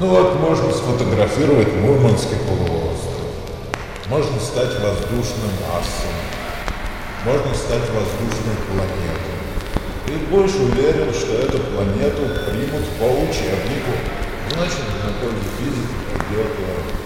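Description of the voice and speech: Adult male speaker with schizophrenia producing schizophasia (word salad) in Russian: sentences are grammatically well formed, but their content is completely meaningless, with odd juxtapositions such as becoming an 'airy Mars' or a planet accepted by the textbook.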